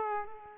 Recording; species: mosquito wingbeat signal from an infrared sensor; Culex pipiens